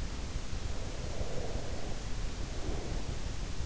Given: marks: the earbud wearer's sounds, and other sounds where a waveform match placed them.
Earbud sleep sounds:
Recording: sounds in sleep by an in-ear microphone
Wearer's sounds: breath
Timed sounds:
0.60-3.32 s: breath

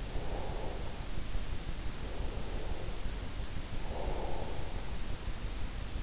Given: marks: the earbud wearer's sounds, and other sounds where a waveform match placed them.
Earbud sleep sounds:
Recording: sounds in sleep by an in-ear microphone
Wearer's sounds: breath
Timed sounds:
0.28-3.31 s: breath
3.51-6.02 s: breath

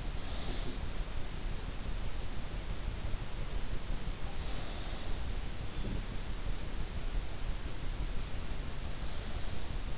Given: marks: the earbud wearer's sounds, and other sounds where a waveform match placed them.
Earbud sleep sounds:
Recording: sounds in sleep by an in-ear microphone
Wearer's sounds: snoring breath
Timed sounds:
0.00-0.86 s: snoring breath
4.54-5.34 s: snoring breath

